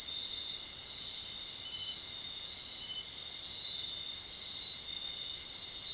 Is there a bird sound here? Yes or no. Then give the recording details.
no. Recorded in secondary vegetation near Puerto Asís, Putumayo, Colombia, on 29 June 2025 at 19:30. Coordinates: 0.499, -76.323. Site G077